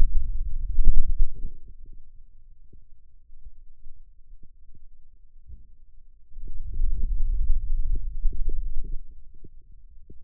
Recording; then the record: forearm muscle sounds (acoustic myography)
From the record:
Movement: wrist extension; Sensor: system 2, bracelet of six BSWA MPA416 microphones around the upper forearm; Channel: 1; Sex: male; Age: 22 years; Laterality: right